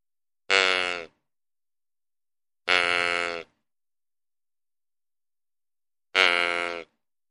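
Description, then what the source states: Deer giving three short buzzy grunts, each under a second, spaced unevenly with quiet gaps between. Male deer (buck).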